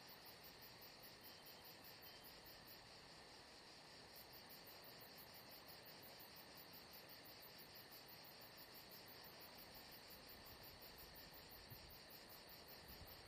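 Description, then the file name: Crickets chirp in a steady high pulsed chorus; the highest pulses pause briefly early on, then the rapid beats resume. Atmosphere at Saint-Jean-de-Luz. "Saint Jean De Luz Crickets Atmosphere Only Paul Parker Sven Jungbeck"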